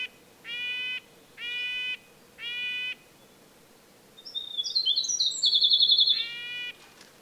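Red-breasted nuthatch calling three long nasal honks at one-second intervals, then another bird's high twittering, then one more honk.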